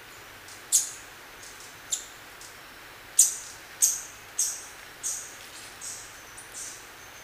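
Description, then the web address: Scaly-throated foliage-gleaner uttering thin, sharp high notes irregularly, a few louder and several faint, over a quiet background hiss. Recorded in Ecuador. "Birds of Ecuador. Scaly-throated Foliage-gleaner"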